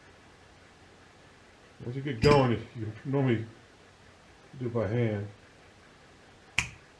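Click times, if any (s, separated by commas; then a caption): 6.6 s. Someone talks while turning the spring-loaded bolt shroud and firing pin assembly of a Mossberg MVP 5.56 rifle by hand, after loosening it with channel locks, during bolt disassembly for a feeding problem fix. At 6.6 s a sharp pop is heard as the shroud, turned about 90 degrees and held against the spring tension, releases free of the bolt body.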